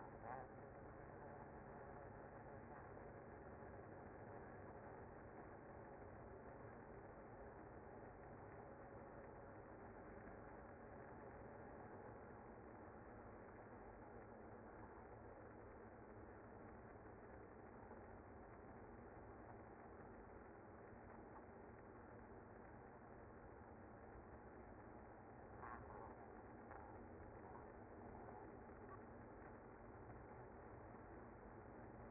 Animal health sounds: honeybee colony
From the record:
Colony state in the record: active

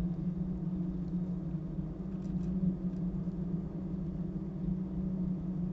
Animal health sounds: honeybee colony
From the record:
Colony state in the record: active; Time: day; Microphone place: top of hive

